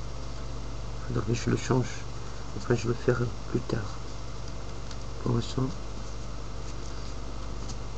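During a Samsung Galaxy S3 GT-I9300 screen replacement, a smartphone connector or module is handled over the phone's frame or board while someone talks, with a steady background hum. Nothing has seated or clicked into place yet.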